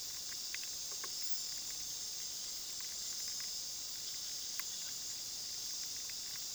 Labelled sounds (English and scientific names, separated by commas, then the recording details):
none
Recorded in pastures near Puerto Asís, Putumayo, Colombia, on 21 February 2024 at 21:00
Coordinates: 0.497, -76.327
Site G7276